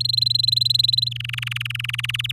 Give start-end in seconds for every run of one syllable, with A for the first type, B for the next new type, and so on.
0.00-1.09 A, 1.11-2.32 B